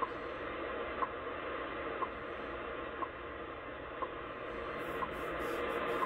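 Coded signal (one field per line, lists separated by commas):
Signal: radio time signal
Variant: WWV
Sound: faint short ticks once every second, seven in total, under steady hiss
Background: radio static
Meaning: Each tick marks one second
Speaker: so this is WWV in Colorado at 25 megahertz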